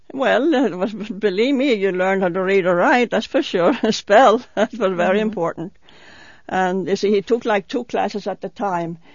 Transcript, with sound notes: Well, believe me, you learned how to read or write that's for sure (she laughs) spell, that's all very important. And you see he took like two classes at the time.